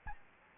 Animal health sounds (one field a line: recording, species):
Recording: mosquito wingbeat signal from an infrared sensor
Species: Aedes albopictus